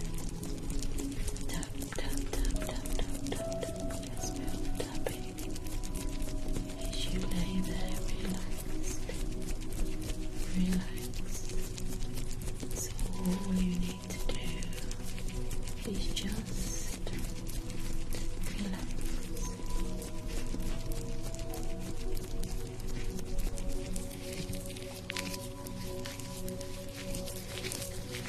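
Facial treatment sounds: a continuous low hiss and hum runs throughout, dotted with soft wet squishes and rubbing, with faint voices murmuring.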